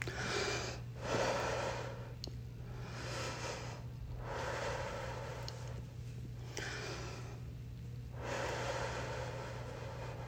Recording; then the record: deep breathing after running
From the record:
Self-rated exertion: light exertion (2 of 6); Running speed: 5 miles an hour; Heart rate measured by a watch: 109 beats a minute at the start, 106 at the end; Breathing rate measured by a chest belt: 19 breaths a minute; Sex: male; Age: 57 years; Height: 171 cm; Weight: 59 kg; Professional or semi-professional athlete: no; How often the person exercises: over 5 times a week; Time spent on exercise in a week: over 5 hours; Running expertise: no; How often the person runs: over 5 times a week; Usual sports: running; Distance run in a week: 50 miles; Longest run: 50 miles